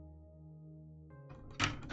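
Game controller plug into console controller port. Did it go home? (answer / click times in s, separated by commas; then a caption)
no / none. A game controller plug is pushed into the controller port of a PlayStation 1 console. A steady tonal hum gives way to handling noise and a sharp thunk at about 1.6 s. The plug does not go fully in and nothing has seated yet.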